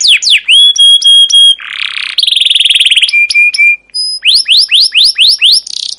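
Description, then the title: Canary song with quick chirps, repeated whistled notes, a harsh buzzy burst and a rolling trill, then a string of rising chirps. Captive canary long continuous chirping song used as a lure and model for teaching young canaries to sing. "CUIT CUIT NGEROL LANGSUNG GACOR PANJANG Kenari Ini AMPUH Utk Pancingan KENAR. PANCINGAN Kenari GACOR PANJANG Cuit CUIT EMOSI ini AMPUH utk MASTERAN Kenari PAUD belajar BUNYI"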